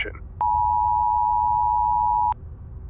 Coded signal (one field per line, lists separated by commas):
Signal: Emergency Alert System (SAME) tones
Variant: 853 and 960 Hz attention tone